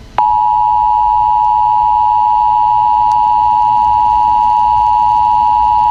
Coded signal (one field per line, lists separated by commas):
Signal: Emergency Alert System (SAME) tones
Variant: 853 and 960 Hz attention tone